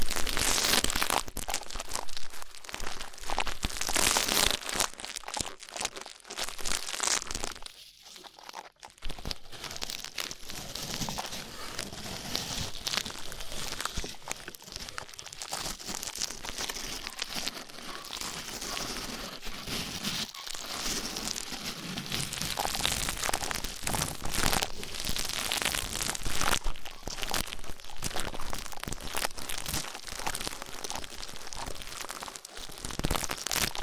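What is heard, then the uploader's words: Rough ear cleaning makes a dense, scratchy crackle that runs almost without pause for the full length. Rapid crinkling and rubbing bursts crowd together, bright and hissy, with a brief near-silence around eight seconds before the scraping resumes at a steady level. ASMR Rough Ear Cleaning (No Talking).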